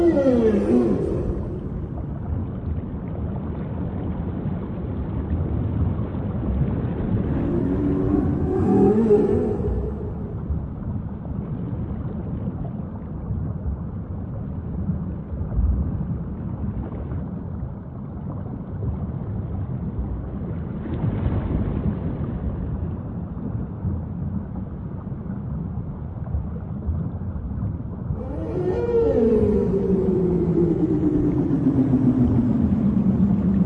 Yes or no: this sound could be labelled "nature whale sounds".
yes